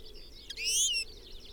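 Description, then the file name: European goldfinch: one brief, bright rising call with a sharp note just before it, set against faint high twittering. "Carduelis carduelis"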